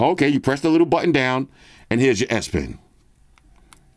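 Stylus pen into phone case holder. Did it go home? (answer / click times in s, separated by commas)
yes / 3.4 s, 3.7 s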